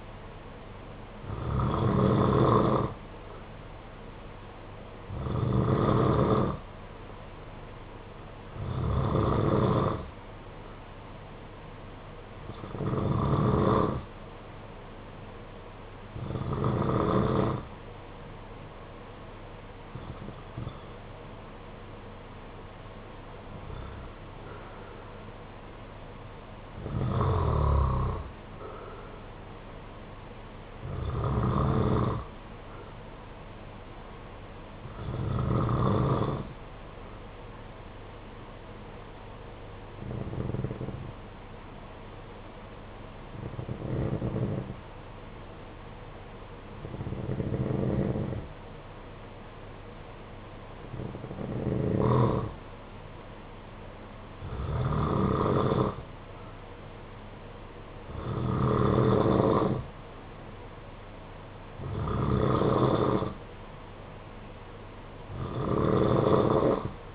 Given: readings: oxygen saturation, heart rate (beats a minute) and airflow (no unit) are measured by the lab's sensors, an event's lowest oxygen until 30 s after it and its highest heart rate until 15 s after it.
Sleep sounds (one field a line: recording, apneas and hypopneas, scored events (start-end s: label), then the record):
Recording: breathing in sleep by a voice recorder at the bedside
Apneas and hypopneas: 1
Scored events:
34.00-55.60 s: hypopnea (N2, oxygen 94% highest, then 90% lowest, heart rate 53 at the start, 58 highest)
From the record:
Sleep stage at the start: N2 (light sleep)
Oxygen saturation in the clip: 91 to 94%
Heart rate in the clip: 51 to 56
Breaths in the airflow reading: 18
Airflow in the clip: -7.6 to 6.9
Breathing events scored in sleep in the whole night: 476 in 9.7 hours asleep